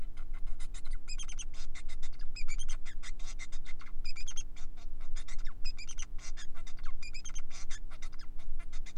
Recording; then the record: song of a male Bengalese finch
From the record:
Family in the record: son of father 4